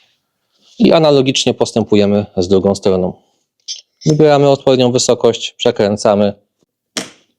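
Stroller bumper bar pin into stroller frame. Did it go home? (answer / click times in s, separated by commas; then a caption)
yes / 7.0 s. On an ANEX Air X2 stroller, the second side of the bumper bar is set to height and twisted so its pin goes into the stroller frame while someone talks. A short sharp click at 7.0 s shows the bumper bar seated.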